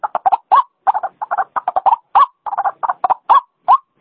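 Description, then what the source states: White-breasted waterhen uttering quicker, clustered croaking notes in irregular bursts, some with a rising upward inflection at the end. Female call, used as a lure sound.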